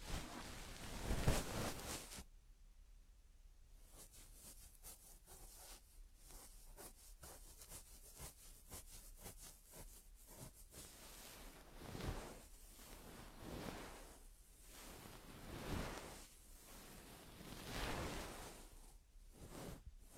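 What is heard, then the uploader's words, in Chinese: Soft brushing of a feather stick cleaning an ear. A loud rough rustle opens the first two seconds, then quick fine scratches flicker densely before settling into slow, regular sweeping strokes roughly every two seconds through the end. 贯穿大脑，鹅毛棒掏耳助眠！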